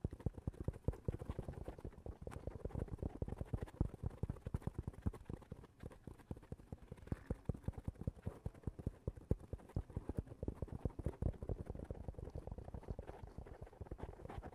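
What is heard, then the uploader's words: Rapid tapping on the roof of a foam house, a dense, irregular patter of soft, dull knocks that continues without pause for the whole stretch. The hits are mostly low and thuddy with a faint brighter edge, varying slightly in loudness throughout. Tapping on the roof of your foam house.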